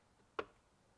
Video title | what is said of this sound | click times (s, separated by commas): 14” Tesla Screen UPGRADE for 09-14 F150 - Full Install & Setup! | now whenever you're screwing these in go counterclockwise till you hear it click | 0.4 s